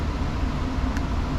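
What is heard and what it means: A click-type torque wrench applies a small amount of torque to a bolt on the front of a Subaru Forester 2.5 engine, in the timing cover area. Over a steady broadband background noise, the wrench gives one short, sharp click at 0.97 s, confirming it has reached its setting.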